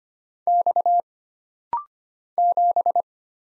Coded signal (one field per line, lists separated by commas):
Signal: Morse code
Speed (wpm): 25 wpm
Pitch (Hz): 700 Hz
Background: none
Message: X 7